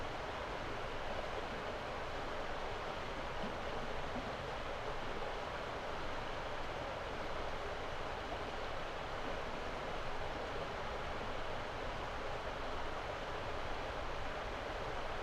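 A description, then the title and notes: A river rushes steadily past, a dense, even wash of flowing water with no pauses or distinct splashes. The sound sits mostly in the middle and upper range, bright and hissing, with a fainter low rumble underneath and no other sounds standing out. River rilling through Miller’s Dale. A valley in the Derbyshire Dales with magnificent contours. Now the sound of water flowing is from the river. We left the Lento mics alone, hanging from a steeply leaning tree, to capture the spatial sound of the River Wye flowing through the night.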